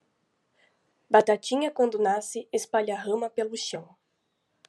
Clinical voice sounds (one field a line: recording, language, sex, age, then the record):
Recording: short text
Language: Brazilian Portuguese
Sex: female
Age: 18 to 19 years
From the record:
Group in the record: control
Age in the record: 19 years